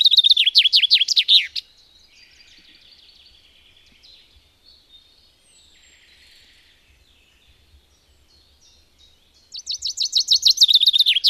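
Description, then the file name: Common chaffinch: two bursts of rapid clipped notes, one at the start and one at the end, separated by several seconds of quiet with faint bird calls. "erdei pinty"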